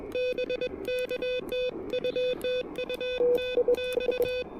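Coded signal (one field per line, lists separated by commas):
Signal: Morse code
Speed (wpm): 22 wpm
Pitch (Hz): 2500 Hz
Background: music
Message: BK TU TU TX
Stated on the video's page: Super-portable CW park activation with an Elecraft KH1 on a right-angle antenna adapter, keyed with a pressure paddle.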